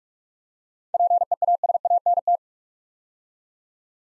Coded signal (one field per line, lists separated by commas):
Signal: Morse code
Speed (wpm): 41 wpm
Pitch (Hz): 700 Hz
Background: none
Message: PEASANT